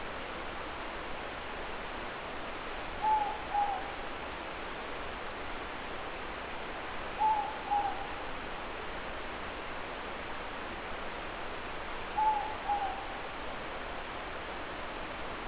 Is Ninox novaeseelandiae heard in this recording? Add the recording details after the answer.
yes. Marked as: faintness 3/5. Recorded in New Zealand. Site Eglinton